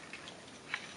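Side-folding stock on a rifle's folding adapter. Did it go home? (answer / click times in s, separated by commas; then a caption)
no / none. The side-folding stock adapter with its tube on a VEPR AK-pattern rifle is being swung out toward the open position, where its metal latch locks it. Two faint, brief ticks are heard around 0.1 s and 0.7 s over a quiet background. Nothing has seated or clicked yet, because the clip ends just before the stock locks open.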